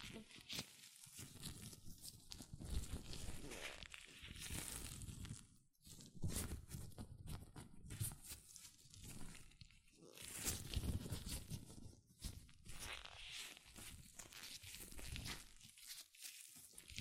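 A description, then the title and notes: Latex gloves being handled: a continuous run of rubbery rubbing, stretching and squeaking that rustles and crackles brightly. The texture is dense and uneven, with brief near-silent gaps around 6, 10 and 12 seconds before the handling resumes, sometimes with sharper snapping bursts. ASMR Latex Gloves Hand Sounds (No Talking).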